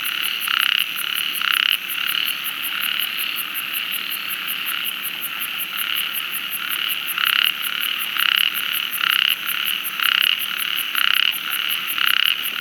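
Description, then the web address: Frog giving harsh pulsed croaks, two at the start, a pause of several seconds, then a regular series about once a second, over a continuous high-pitched insect-like whine. "Frogs World"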